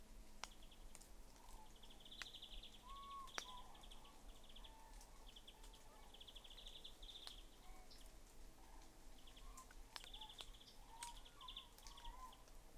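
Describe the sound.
European greenfinch making rapid, high twittering trills in runs, with softer, lower whistled notes and background hiss.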